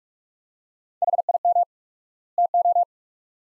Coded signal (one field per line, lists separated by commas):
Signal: Morse code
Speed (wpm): 47 wpm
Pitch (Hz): 700 Hz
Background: none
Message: HIM TO